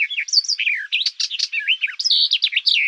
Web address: Sylvia nisoria